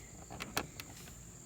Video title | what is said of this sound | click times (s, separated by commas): Sunpie RGB Halo Headlights and Fog lights Installation | the sides get here and click and | 0.6 s